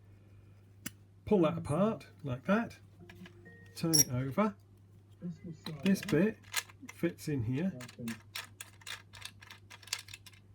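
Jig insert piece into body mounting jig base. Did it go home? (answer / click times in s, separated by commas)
yes / 9.9 s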